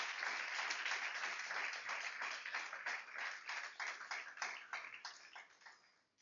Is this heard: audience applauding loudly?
yes